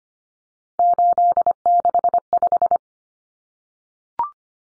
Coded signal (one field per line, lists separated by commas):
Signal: Morse code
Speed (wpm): 25 wpm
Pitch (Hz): 700 Hz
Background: none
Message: 865